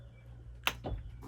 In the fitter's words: Hear that click?